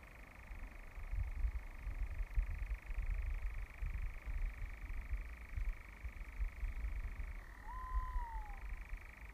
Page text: Audioboom. Nightjar and Tawny Owl. Recorded in the Forest of Dean 31st May 2017